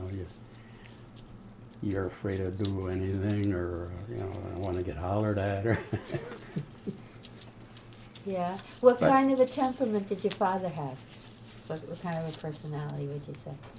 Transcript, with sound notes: You, you're afraid to do anything or, you know, I don't want to get hollered at. (laughs)
What kind of a temperament did your father have? What kind of a personality would you say?